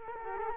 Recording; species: mosquito wingbeat signal from an infrared sensor; Culex quinquefasciatus